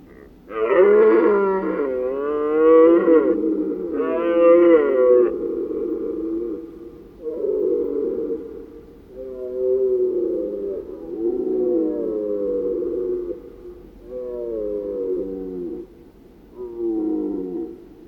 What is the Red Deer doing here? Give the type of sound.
call